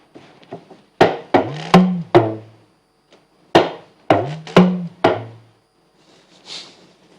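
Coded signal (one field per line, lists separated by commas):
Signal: talking drum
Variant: Igbo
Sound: two phrases of about four resonant drum strokes, pitch sliding up and down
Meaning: A greeting meaning good morning in Igbo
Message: Ibolachi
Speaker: Please say good morning to me in Igbo. No. Verbally. Ibolachi.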